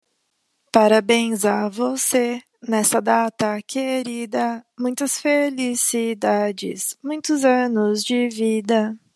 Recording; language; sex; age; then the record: short text; Brazilian Portuguese; female; 20 to 29 years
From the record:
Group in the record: control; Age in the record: 23 years